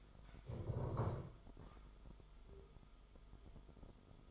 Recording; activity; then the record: daily activity, microphone in the room; stand up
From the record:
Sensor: 5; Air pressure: 1005.3 hPa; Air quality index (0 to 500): 105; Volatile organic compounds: 2 ppm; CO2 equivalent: 1282 ppm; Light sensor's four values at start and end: 34/79/32/30 and 34/79/32/30